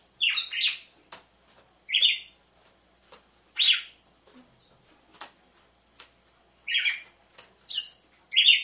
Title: Canto Galo Campina Fêmea 01. ESQUENTE GALO DE CAMPINA COM BATIDA DE DOIS MACHOS